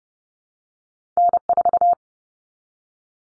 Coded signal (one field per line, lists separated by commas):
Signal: Morse code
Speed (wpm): 30 wpm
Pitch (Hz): 700 Hz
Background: none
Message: N4